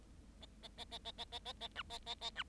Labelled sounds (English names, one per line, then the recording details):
Bengalese Finch song
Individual Bird7